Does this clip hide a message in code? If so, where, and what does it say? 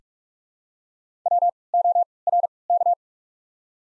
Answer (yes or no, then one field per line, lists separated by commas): yes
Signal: Morse code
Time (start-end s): 1.3-2.9 s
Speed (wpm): 42 wpm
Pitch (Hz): 700 Hz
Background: none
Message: W O R K